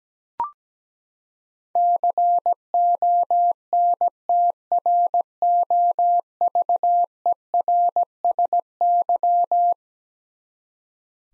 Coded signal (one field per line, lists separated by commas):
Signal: Morse code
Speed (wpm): 17 wpm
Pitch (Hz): 700 Hz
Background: none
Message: CONTROVERSY